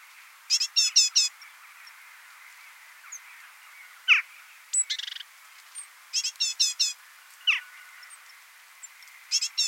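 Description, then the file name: Great tit calls: clusters of rapid, harsh, high notes come in bursts, broken by a single sharp downward note, a brief buzz and another sharp note. "Parus major"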